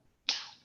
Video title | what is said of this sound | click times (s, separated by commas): MVC Water Sampling Training | it's snaps into place | 0.3 s